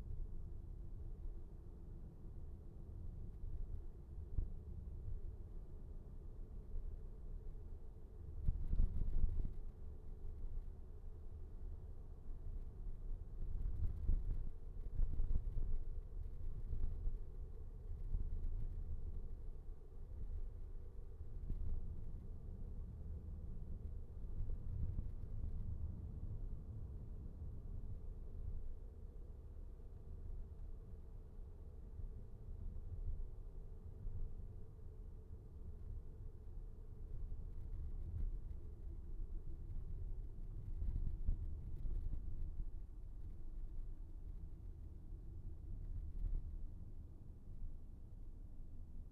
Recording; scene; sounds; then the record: everyday scene through a hearing-aid microphone; in a vehicle; engine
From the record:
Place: VW T5 Caravelle, diesel engine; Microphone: behind the ear, right, rear